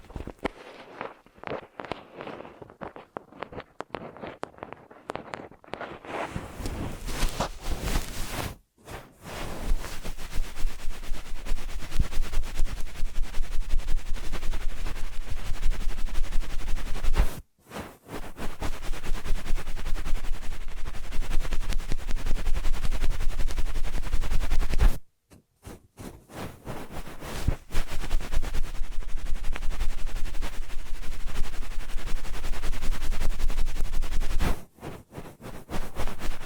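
Ear massage triggers: scattered soft taps for six seconds, then dense, steady rubbing that keeps stopping briefly near 9, 17, 25 and 34 seconds.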